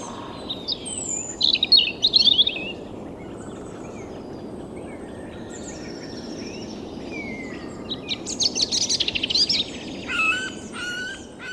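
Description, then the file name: European robin song: high, tinkling, warbled phrases in a few bursts, with quieter, softer whistles between them. "Erithacus rubecula"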